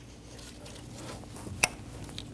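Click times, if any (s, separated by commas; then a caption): 1.6 s. An ignition coil on a 2012–2022 Volkswagen Passat 2.5L L5 is pushed straight down into the cylinder head, with its side tab lined up in the valve cover slot. Against a low background hum, a single sharp, loud click sounds at 1.6 s, followed by a faint tick around 2.2 s. The coil is seated.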